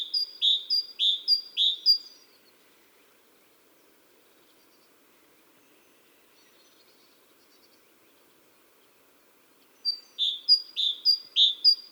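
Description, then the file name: Great tit song bursts at the start and end, quick repeated ringing two-note phrases, with a long quiet gap between and faint background hiss. "Parus major"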